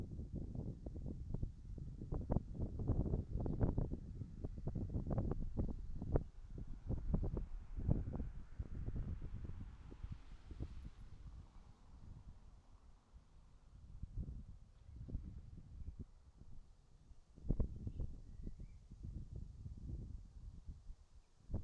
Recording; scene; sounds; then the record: everyday scene through a hearing-aid microphone; wind on the microphone; wind, traffic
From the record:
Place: in front of a rural house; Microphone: in the ear canal, right